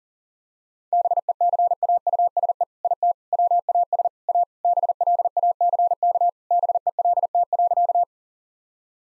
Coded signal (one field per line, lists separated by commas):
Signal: Morse code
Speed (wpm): 40 wpm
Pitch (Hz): 700 Hz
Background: none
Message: BECAUSE IT WAS A BLACK BELT.